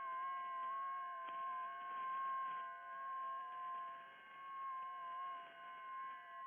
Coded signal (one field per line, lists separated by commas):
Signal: FT8